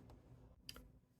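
A blue plastic toy brick wall section is pressed onto a brick build to close off the room. A faint tick comes first, then one sharp click at 0.7 s with a quieter tick just after it, and the wall clicks into place.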